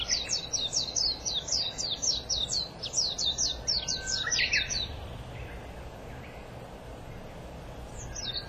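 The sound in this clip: White-eye song: a quick run of high, thin twittering notes for about five seconds, then a pause and a faint restart against low, even background noise.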